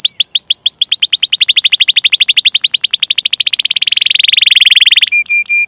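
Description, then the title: Canary song of very rapid repeated chirps that quicken and blur into a trill, then several short clipped whistles. Gacor (vigorous singing) canary with cengkok (melodic turns) and isian (varied fill phrases), for bird-song training. "Kenari Gacor Cengkok Isian Kenarigacor Kicaumania Kenari"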